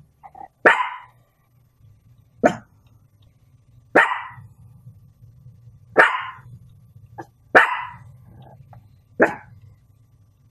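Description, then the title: Dog barking: six sharp single barks spaced roughly every one and a half to two seconds over a low steady hum. Compilation of several dogs barking, presented as funny. "LADRIDOS DE PERROS 🐶 Perros LADRANDO"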